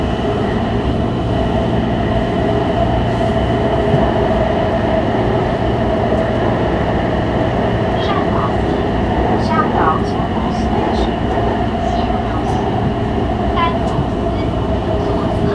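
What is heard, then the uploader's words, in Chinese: A metro ride from Taipei Main Station: a steady, dense rumble and roar of the train running underneath, with a faint whine holding level above it. Short squeals and brief screeches of the wheels come and go, clustering between about 8 and 14 seconds. 從台北車站搭捷運上班。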